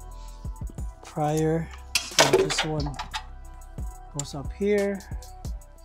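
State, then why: Not seated. A plastic electrical plug on the engine wiring harness, removed earlier, is handled for reconnection to an engine sensor connector during reassembly of an oil pump body, water pump and timing belt job on a 2000 Camry 2.2L 5S-FE. Someone talks over background music while a few short, soft ticks and handling noises are heard. Nothing has seated or clicked yet.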